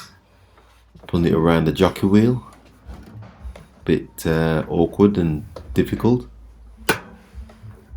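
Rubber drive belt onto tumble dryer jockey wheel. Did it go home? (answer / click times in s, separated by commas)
yes / 6.9 s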